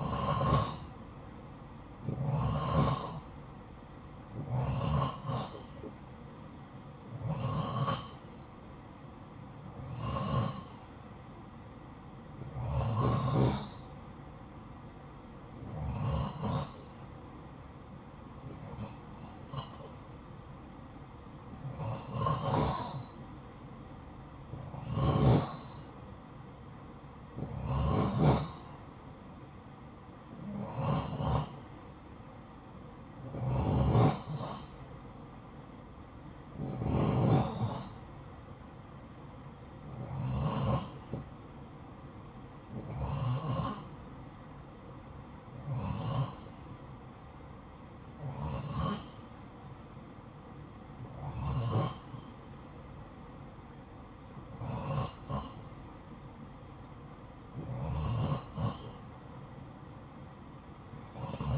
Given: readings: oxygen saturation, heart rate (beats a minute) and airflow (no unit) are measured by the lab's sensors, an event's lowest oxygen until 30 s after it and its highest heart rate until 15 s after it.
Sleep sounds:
breathing in sleep by a smartphone at the bedside; none
none scored
From the record:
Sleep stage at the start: N2 (light sleep); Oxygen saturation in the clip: 88 to 90%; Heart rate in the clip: 49 to 59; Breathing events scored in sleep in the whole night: 573 in 9.8 hours asleep

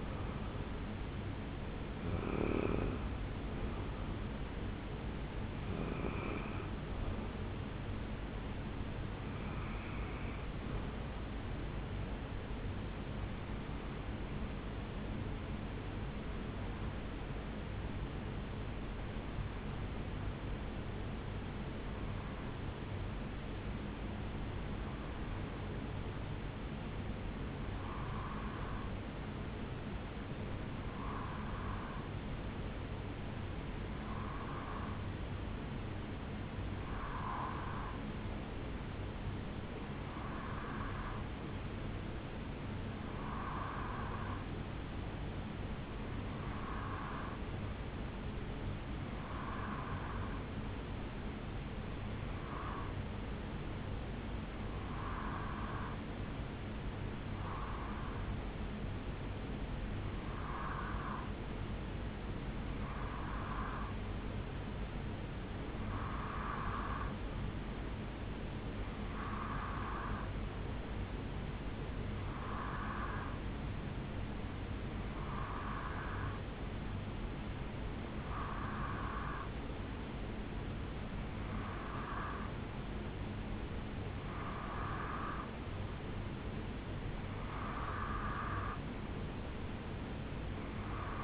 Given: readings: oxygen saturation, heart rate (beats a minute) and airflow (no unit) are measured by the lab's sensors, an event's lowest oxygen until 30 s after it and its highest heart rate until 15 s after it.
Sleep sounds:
breathing in sleep by a voice recorder at the bedside; 1
19.00-80.30 s: hypopnea (REM, oxygen 96% highest, then 88% lowest, heart rate 64 at the start, 71 highest)
From the record:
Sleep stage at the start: REM sleep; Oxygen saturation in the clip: 85 to 96%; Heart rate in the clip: 64 to 74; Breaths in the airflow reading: 23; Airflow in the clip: -5.8 to 3.9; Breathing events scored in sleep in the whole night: 449 in 7.0 hours asleep

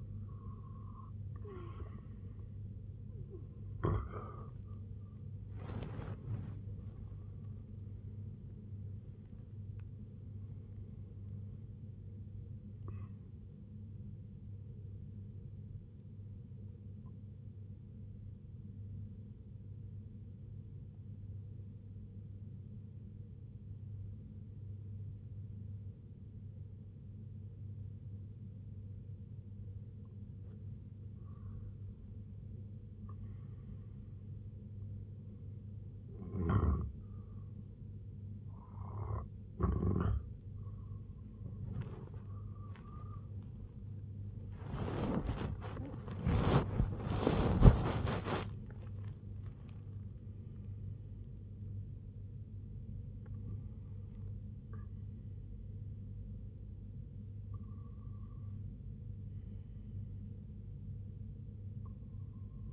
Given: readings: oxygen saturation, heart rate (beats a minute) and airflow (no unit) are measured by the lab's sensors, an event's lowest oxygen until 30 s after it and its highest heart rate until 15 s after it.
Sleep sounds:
breathing in sleep by a smartphone at the bedside; 1
16.00-33.00 s: obstructive apnea (REM, oxygen 96% highest, then 90% lowest, heart rate 74 at the start, 91 highest)
From the record:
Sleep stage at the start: REM sleep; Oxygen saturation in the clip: 86 to 96%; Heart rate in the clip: 71 to 97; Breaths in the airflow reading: 12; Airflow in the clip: -11.5 to 10.3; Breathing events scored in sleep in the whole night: 258 in 7.4 hours asleep

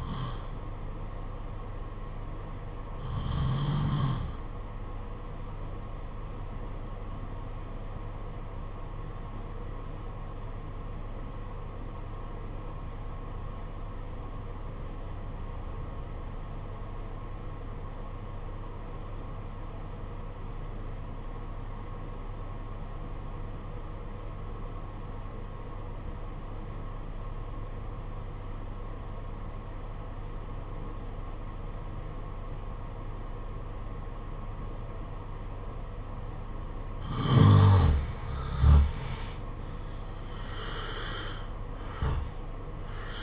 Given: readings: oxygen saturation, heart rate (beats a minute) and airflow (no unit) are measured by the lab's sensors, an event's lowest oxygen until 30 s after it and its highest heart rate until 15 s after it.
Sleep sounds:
breathing in sleep by a smartphone at the bedside; 1
9.00-38.50 s: obstructive apnea (N1, oxygen 95% highest, then 81% lowest, heart rate 51 at the start, 67 highest)
From the record:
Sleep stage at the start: N1 (lightest sleep); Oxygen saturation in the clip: 85 to 95%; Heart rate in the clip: 48 to 67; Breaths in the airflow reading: 5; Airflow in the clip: -8.8 to 15.6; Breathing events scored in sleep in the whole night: 476 in 9.7 hours asleep

